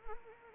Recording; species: mosquito wingbeat signal from an infrared sensor; Anopheles arabiensis